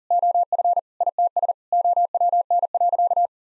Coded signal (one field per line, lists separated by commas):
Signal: Morse code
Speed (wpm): 40 wpm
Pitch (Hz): 700 Hz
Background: none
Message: OF ITS OWN.